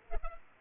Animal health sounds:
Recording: mosquito wingbeat signal from an infrared sensor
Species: Culex pipiens

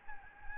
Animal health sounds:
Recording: mosquito wingbeat signal from an infrared sensor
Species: Anopheles gambiae

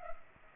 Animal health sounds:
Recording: mosquito wingbeat signal from an infrared sensor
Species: Culex pipiens

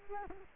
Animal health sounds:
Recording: mosquito wingbeat signal from an infrared sensor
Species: Culex quinquefasciatus

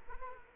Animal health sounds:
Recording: mosquito wingbeat signal from an infrared sensor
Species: Culex quinquefasciatus

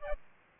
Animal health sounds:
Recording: mosquito wingbeat signal from an infrared sensor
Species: Aedes aegypti

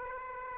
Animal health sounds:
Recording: mosquito wingbeat signal from an infrared sensor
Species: Aedes aegypti

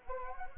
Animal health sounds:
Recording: mosquito wingbeat signal from an infrared sensor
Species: Anopheles gambiae

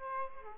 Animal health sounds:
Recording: mosquito wingbeat signal from an infrared sensor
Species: Aedes aegypti

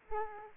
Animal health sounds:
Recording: mosquito wingbeat signal from an infrared sensor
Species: Aedes aegypti

